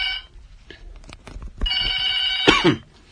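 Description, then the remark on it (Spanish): A telephone rings loudly in a bright, trilling electronic burst that holds steady for about a second, then cuts off sharply. Fainter tonal blips come before it. No one speaks. “Por teléfono, si ustedes nos quieren llamar también lo pueden hacer aquí a cabina.”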